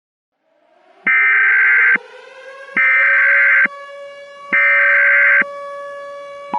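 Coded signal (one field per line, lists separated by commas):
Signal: Emergency Alert System (SAME) tones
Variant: header bursts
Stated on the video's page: Mock Halloween volcano EAS alert with valid EAS tones.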